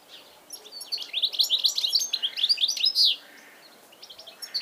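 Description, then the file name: European goldfinch song, a fast tumbling run of bright tinkling notes for about two seconds, with scattered twitters before and after. "Carduelis carduelis"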